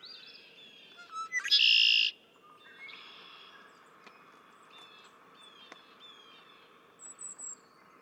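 Red-winged blackbird giving one loud song, clipped notes then a buzzy trill. Fainter songs and scattered clicks follow, with a brief high whistle near the end.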